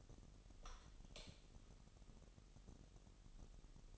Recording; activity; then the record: daily activity, microphone in the room; light on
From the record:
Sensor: 4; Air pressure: 989.2 hPa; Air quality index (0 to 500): 216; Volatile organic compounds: 68 ppm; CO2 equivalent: 3501 ppm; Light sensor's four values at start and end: 25/80/30/30 and 28/92/34/36